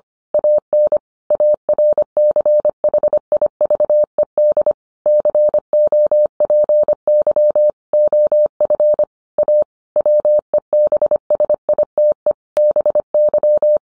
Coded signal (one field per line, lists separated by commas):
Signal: Morse code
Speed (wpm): 25 wpm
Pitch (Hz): 600 Hz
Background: none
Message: AN ARCHIVED COPY OF A WEBSITE BY